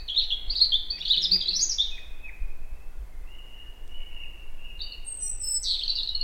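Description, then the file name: European robin song opening with a jumble of high, tinkling notes, followed by long, thin, steady whistles and a fresh high flourish near the close. "Erithacus rubecula"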